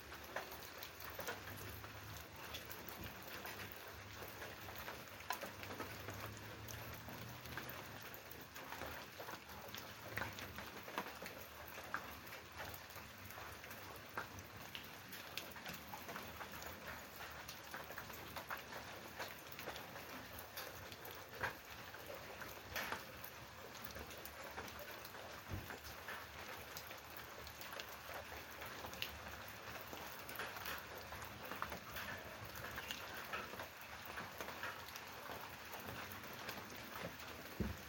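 Rain falls steadily across open countryside, a dense, even patter with occasional brighter drops and a faint low rumble early on.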